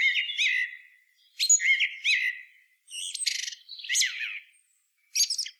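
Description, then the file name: Eurasian blackbird song: a few low fluty warbled notes, then scratchy high twitters and a squeaky ending, in short separate bursts. "Turdus merula"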